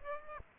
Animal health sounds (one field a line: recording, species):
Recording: mosquito wingbeat signal from an infrared sensor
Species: Aedes aegypti